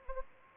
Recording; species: mosquito wingbeat signal from an infrared sensor; Anopheles arabiensis